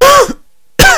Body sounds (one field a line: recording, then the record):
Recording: coughing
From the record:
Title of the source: Coughing 51